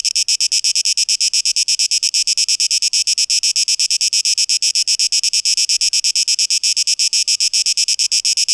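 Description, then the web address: Cicadas sing a loud, high, rasping buzz pulsing rapidly and steadily. Cicadas, 12 August 2023. "audio rauschpartikel Audio 2023-08-12 Zikaden (Tape Echo Mix)"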